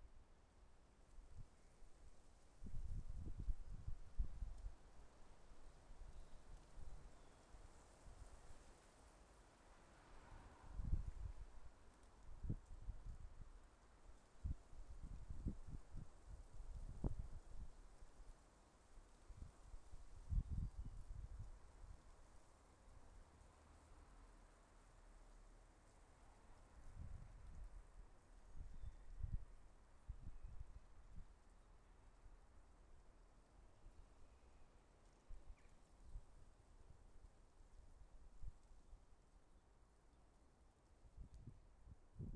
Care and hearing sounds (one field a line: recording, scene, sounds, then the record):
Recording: everyday scene through a hearing-aid microphone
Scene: wind on the microphone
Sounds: wind, traffic, birds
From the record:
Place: suburban garden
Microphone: behind the ear, left, front